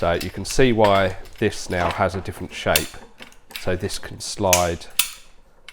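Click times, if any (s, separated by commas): 5.7 s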